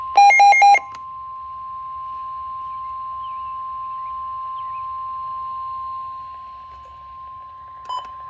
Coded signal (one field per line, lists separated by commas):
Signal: Emergency Alert System (SAME) tones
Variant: 1050 Hz attention tone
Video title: EAS Severe Thunderstorm Warning - 4/13/22 4:20 PM